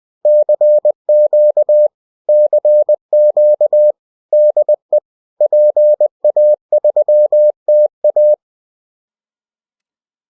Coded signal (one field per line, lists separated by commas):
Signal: Morse code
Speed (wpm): 20 wpm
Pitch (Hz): 600 Hz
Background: none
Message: CQ CQ DE PA3TA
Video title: FT-8? Nie dziękuję, używam CW... Tomek SP7Q cz.2